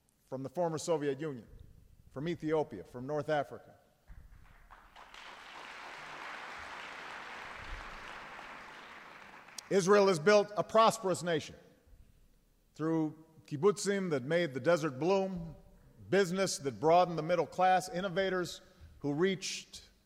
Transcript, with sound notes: from the former Soviet Union, from Ethiopia, from North Africa. (Applause.) Israel has built a prosperous nation -- through kibbutzeem that made the desert bloom, business that broadened the middle class, innovators who reached